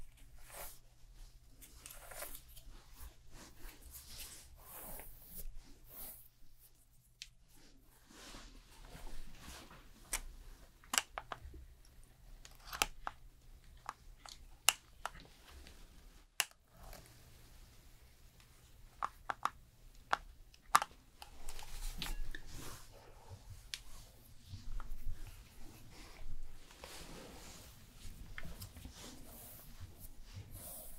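A fast haircut and styling session: constant clicks, snips and rustles scattered across the whole clip, with sharp isolated snaps around 11, 15, 16 and 21 seconds. A low steady hum runs underneath, breaking off briefly near 16 seconds.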